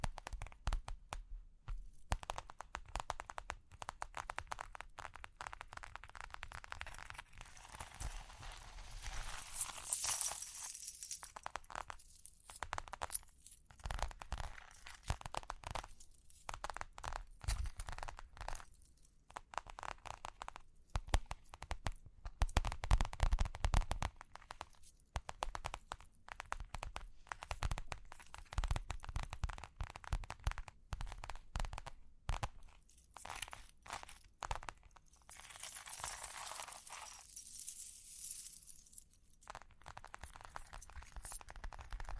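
Tapping, scratching and ear-cleaning sounds run throughout as a dense stream of quick crackles and clicks that speed up and thin out in turns. Brighter, hissier rubbing swells around ten seconds and again near thirty-six, with light metallic jingles scattered between.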